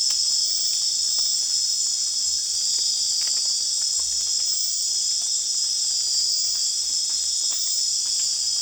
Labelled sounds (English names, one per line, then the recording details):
none
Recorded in secondary vegetation near Puerto Asís, Putumayo, Colombia, on 30 June 2025 at 00:30
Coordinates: 0.485, -76.322
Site GP06